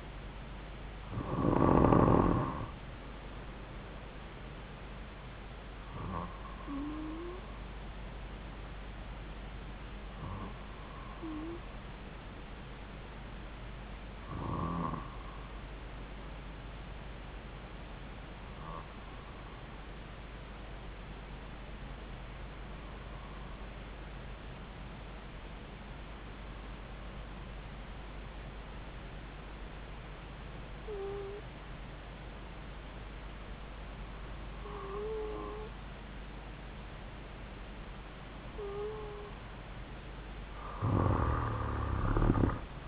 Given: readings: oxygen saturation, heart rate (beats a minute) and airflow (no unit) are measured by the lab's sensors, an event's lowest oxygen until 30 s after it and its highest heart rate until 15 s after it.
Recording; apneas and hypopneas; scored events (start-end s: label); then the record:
breathing in sleep by a voice recorder at the bedside; 1
16.00-36.90 s: hypopnea (N2, oxygen 96% highest, then 92% lowest)
From the record:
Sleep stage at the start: N2 (light sleep); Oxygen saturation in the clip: 92 to 96%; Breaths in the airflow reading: 11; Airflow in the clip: -4.8 to 7.6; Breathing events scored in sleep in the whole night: 270 in 6.1 hours asleep